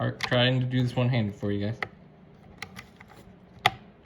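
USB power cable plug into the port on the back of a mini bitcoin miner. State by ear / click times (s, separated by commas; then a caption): seated / 3.7 s. A USB-C power cable plug is pushed one-handed into the port on the back of a mini bitcoin miner. Someone talks, then a few faint clicks and scrapes are heard as the plug is worked in. It seats with a sharp click at 3.7 s.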